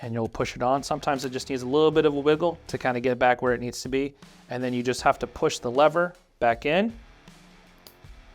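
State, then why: Seated. Someone talks for most of the clip while reassembling a Shadow Systems CR920XP 9mm pistol: the slide is lined up and pushed onto the frame, then the takedown lever is pushed back into the frame. After the talking stops, a faint tick comes at 7.3 s, and the takedown lever clicks back into place at 7.9 s, seating it.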